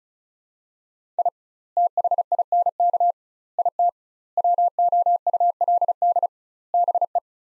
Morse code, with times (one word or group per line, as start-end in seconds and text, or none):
1.2-1.3 I
1.8-3.1 THINK
3.6-3.9 IT
4.4-6.3 WOULD
6.7-7.2 BE